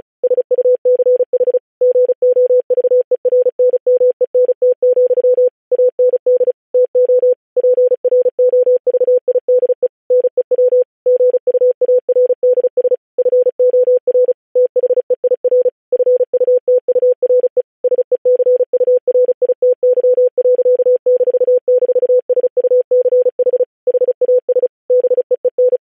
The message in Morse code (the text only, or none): SUCH GOVERNMENT, AND TO PROVIDE NEW GUARDS FOR THEIR FUTURE SECURITY.--SUCH HAS BEEN